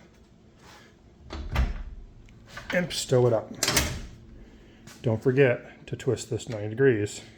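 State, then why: Not seated. A locking pin on a hitch-mounted e-bike rack is handled on the metal rack frame while someone talks, with a few short knocks and handling sounds around 1.6, 2.6 and 3.8 seconds. The pin is being twisted 90 degrees toward its locked position, but nothing has seated or clicked yet.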